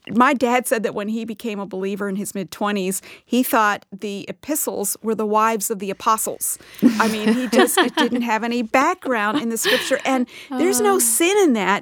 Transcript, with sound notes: My dad said that when he became a believer in his mid-twenties, he thought the epistles were the wives of the apostles. (laughter.) I mean, he just didn’t have any background in this picture. And there’s no sin in that.